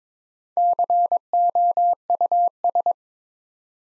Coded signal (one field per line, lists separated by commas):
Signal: Morse code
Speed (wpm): 23 wpm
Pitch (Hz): 700 Hz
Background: none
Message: COUS